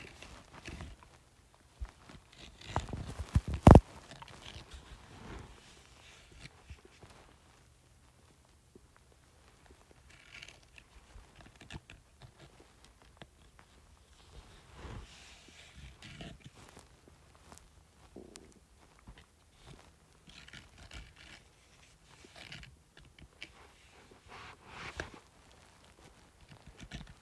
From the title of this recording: Scratching Bumpy Surface